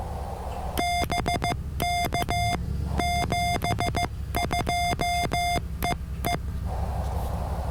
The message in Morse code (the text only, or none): BK 72 EE